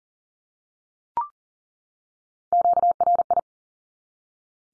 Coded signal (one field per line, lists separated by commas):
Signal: Morse code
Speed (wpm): 40 wpm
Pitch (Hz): 700 Hz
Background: none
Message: QRI